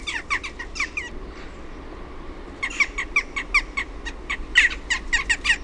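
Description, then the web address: Western jackdaw calls: rapid bursts of short, clipped squeaky notes, a brief lull, then a longer run of repeated sharp chacks. "OMAT AANITYKSET NAAKKA. OMAT LINTUAANITYKSET"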